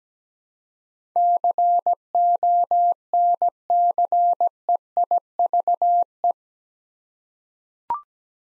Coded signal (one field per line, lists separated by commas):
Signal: Morse code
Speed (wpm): 17 wpm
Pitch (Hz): 700 Hz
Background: none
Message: CONCEIVE